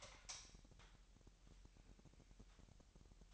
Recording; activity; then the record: daily activity, microphone in the room; light on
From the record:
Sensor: 3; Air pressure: 1001.9 hPa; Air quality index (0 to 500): 244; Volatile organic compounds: 46 ppm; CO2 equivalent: 3239 ppm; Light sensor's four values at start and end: 6/13/5/5 and 11/28/12/12